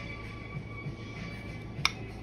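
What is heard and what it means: During reassembly of an O.S. Speed B2101 nitro model engine, after the crankshaft goes back into the crankcase, a small engine component is pressed home with one sharp click at 1.9 s, heard over steady background music. The part clips smoothly and seats in place.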